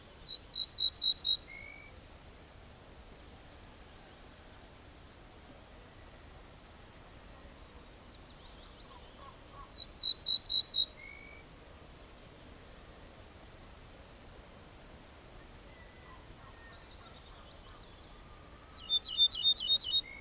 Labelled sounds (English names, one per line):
Ortolan Bunting song